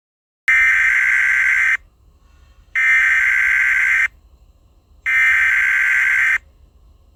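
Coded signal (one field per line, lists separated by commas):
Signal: Emergency Alert System (SAME) tones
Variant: header bursts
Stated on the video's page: Fictional EAS scenario tones.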